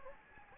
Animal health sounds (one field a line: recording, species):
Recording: mosquito wingbeat signal from an infrared sensor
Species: Anopheles gambiae